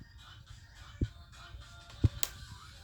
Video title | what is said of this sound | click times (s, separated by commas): Construction Ferrari F40 Lego partie 2 | Donc voilà, donc là c'est clipsé. | 2.2 s